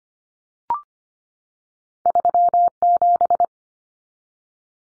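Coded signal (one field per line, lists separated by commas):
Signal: Morse code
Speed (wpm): 25 wpm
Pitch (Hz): 700 Hz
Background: none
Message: 37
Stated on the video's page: Head-copy drill of common two-digit cut numbers at 25 wpm, with T, A and N standing for 0, 1 and 9; each is sent, spoken, then sent again.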